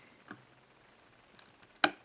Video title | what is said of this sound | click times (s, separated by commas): HOW TO: Installing an ArgTek Range Extender Kit on a DJI Phantom 3 or Phantom 4 | You can hear that click in there. | 1.8 s